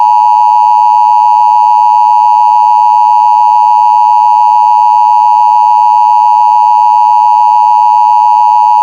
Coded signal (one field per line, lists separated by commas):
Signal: Emergency Alert System (SAME) tones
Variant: 853 and 960 Hz attention tone